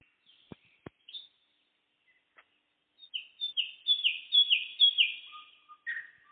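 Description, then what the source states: Nightingale song: two sharp clicks, then a loud phrase of repeated downslurred whistles in quick succession, ending with lower notes. Singing on the evening of 11 May 2014.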